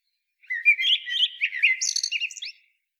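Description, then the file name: Common blackbird song phrase: low, mellow fluted warbling that breaks into a thin, high squeaky twitter near the end. "Turdus merula"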